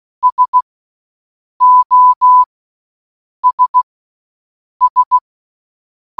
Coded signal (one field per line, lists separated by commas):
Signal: Morse code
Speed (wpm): 16 wpm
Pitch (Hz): 1000 Hz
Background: none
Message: SOS S